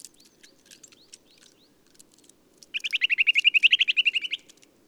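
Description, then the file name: Eurasian nuthatch call: soft chirps, then a loud, fast series of around eighteen ringing notes, repeated evenly for nearly two seconds. "Sitta europaea"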